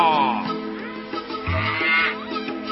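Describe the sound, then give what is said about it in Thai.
A black cow moos in a long, drawn-out low call with a rich, buzzing tone, then a second lowing swell follows before the sound trails off. “วัวดำเป็นวัวยอดกตัญญู”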